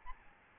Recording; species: mosquito wingbeat signal from an infrared sensor; Aedes albopictus